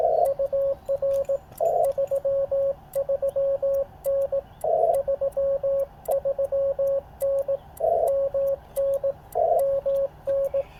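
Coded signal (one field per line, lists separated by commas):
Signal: Morse code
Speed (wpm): 18 wpm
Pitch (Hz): 550 Hz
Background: radio noise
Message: UR 33N 33N MN MN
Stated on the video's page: CW from a Yaesu FT-891 during a group park activation, with some interference between five stations operating nearby in the park without band pass filters.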